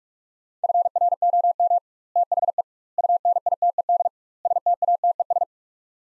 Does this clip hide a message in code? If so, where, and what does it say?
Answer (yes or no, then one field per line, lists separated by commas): yes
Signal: Morse code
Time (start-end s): 0.6-5.4 s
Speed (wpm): 46 wpm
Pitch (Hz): 700 Hz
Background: none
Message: FROM THE UNITED STATES